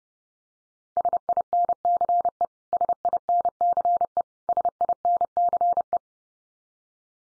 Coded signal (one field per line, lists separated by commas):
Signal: Morse code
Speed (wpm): 30 wpm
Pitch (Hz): 700 Hz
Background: none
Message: SINCE SINCE SINCE